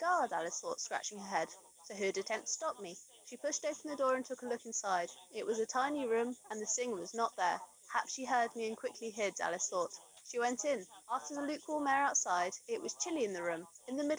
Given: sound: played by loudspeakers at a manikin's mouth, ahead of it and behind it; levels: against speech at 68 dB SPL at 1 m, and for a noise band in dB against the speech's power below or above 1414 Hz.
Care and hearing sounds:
test signals for a remote microphone
0.00-14.19 s: woman speaking, babble ahead at +6 dB SNR for speech at 1 m
From the record:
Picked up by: remote microphone D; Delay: 24 ms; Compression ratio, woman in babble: 1.06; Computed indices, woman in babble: HASPI 0.873, HASQI 0.329 (non-linear 0.380, linear 0.865), ESTOI 0.825

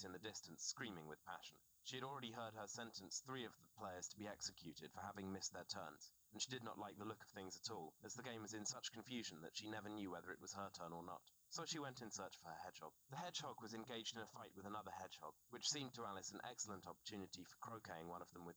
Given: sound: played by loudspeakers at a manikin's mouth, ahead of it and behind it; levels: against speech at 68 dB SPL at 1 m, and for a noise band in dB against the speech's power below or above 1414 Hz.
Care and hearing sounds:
test signals for a remote microphone
0.00-18.57 s: man speaking
From the record:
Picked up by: remote receiver E, fed by microphone B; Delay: 43 ms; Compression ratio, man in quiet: 2.77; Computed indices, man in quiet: SII 0.989, HASPI 1.000, HASQI 0.404 (non-linear 0.458, linear 0.882), ESTOI 0.745

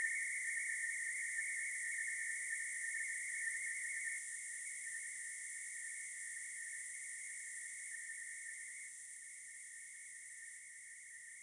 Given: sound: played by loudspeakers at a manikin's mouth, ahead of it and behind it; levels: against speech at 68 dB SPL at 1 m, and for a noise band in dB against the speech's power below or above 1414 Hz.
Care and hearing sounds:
test signals for a remote microphone
0.00-4.18 s: noise band at 2000 Hz, +5 dB
4.18-8.88 s: noise band at 2000 Hz, 0 dB
8.88-11.43 s: noise band at 2000 Hz, -5 dB
From the record:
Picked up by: remote microphone C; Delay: 23 ms

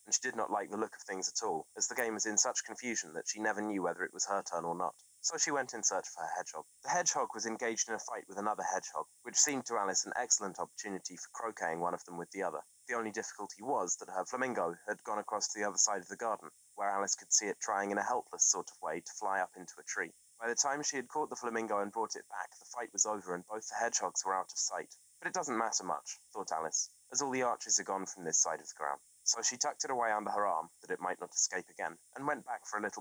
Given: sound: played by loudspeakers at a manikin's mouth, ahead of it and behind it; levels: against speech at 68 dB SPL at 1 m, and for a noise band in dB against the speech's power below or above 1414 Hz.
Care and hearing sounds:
test signals for a remote microphone
0.00-33.01 s: man speaking
From the record:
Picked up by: remote microphone C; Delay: 23 ms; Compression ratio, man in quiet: 1.79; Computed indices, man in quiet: SII 0.993, HASPI 0.992, HASQI 0.254 (non-linear 0.305, linear 0.832), ESTOI 0.734

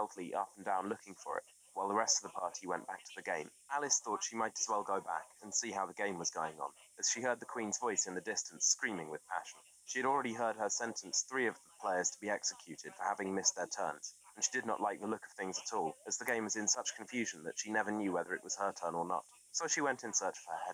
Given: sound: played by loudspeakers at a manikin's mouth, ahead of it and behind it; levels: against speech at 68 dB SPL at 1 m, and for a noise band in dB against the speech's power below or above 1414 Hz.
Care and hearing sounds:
test signals for a remote microphone
0.00-20.74 s: man speaking, babble ahead at +6 dB SNR for speech at 1 m
From the record:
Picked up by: remote microphone C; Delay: 23 ms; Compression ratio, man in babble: 1.37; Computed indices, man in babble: HASPI 0.990, HASQI 0.225 (non-linear 0.266, linear 0.842), ESTOI 0.695

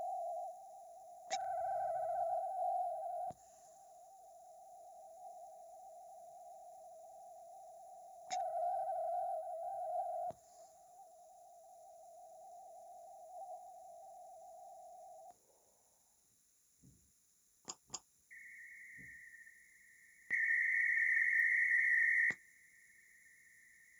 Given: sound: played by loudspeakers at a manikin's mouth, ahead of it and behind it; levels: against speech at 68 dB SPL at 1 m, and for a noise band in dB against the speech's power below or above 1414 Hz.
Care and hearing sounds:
test signals for a remote microphone
0.00-1.30 s: noise band at 707 Hz, -13 dB
1.30-3.30 s: noise band at 707 Hz, +22 dB
3.30-8.30 s: noise band at 707 Hz, -13 dB
8.30-10.30 s: noise band at 707 Hz, +22 dB
10.30-15.30 s: noise band at 707 Hz, -13 dB
17.68 s: click
17.93 s: click
18.30-20.30 s: noise band at 2000 Hz, -13 dB
20.30-22.30 s: noise band at 2000 Hz, +22 dB
22.30-24.00 s: noise band at 2000 Hz, -13 dB
From the record:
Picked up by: remote microphone A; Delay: 47 ms

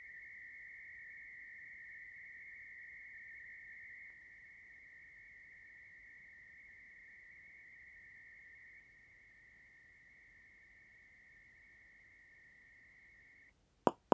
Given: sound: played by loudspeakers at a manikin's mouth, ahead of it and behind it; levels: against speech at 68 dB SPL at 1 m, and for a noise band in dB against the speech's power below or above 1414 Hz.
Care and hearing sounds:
test signals for a remote microphone
0.00-4.10 s: noise band at 2000 Hz, 0 dB
4.10-8.80 s: noise band at 2000 Hz, -5 dB
8.80-13.50 s: noise band at 2000 Hz, -10 dB
13.87 s: click
14.12 s: click
From the record:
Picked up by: measurement microphone

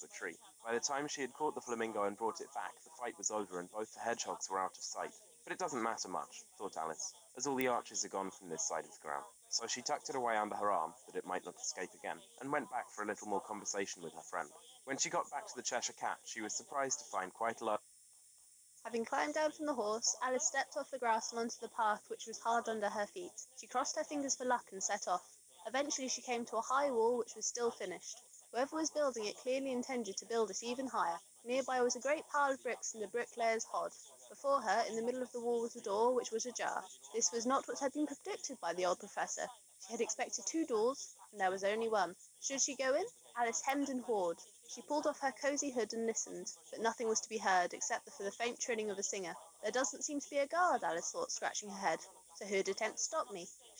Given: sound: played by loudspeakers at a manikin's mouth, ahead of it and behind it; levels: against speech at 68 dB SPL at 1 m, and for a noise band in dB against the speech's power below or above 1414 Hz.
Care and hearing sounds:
test signals for a remote microphone
0.00-17.76 s: man speaking, babble ahead at +6 dB SNR for speech at 1 m
18.76-53.80 s: woman speaking, babble ahead at +6 dB SNR for speech at 1 m
From the record:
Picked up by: remote microphone D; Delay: 24 ms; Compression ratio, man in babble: 1.14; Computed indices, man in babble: HASPI 0.996, HASQI 0.277 (non-linear 0.318, linear 0.872), ESTOI 0.748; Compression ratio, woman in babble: 1.06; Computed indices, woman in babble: HASPI 0.873, HASQI 0.329 (non-linear 0.380, linear 0.865), ESTOI 0.825

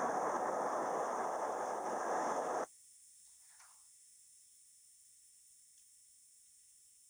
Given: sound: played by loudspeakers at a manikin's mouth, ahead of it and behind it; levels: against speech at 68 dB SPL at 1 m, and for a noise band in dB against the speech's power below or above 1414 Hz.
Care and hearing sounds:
test signals for a remote microphone
0.00-2.64 s: speech-spectrum noise from the mouth, turned 45 degrees left
From the record:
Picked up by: remote microphone B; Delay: 24 ms

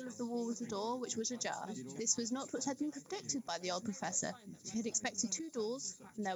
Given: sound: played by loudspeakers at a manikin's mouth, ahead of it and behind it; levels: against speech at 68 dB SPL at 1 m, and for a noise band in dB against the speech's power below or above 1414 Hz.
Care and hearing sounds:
test signals for a remote microphone
0.00-6.35 s: woman speaking, babble ahead at +6 dB SNR for speech at 1 m
From the record:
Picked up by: remote microphone A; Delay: 47 ms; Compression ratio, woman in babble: 7.77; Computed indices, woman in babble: HASPI 0.969, HASQI 0.340 (non-linear 0.394, linear 0.863), ESTOI 0.759

